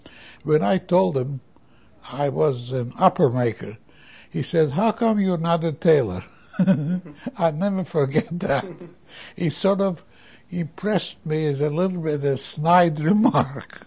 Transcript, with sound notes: When I told him I was an upper maker he said, "How come you are not a tailor?" ( he laughs ) I'll never forget that. He sort of, it impressed as a little bit of snide remark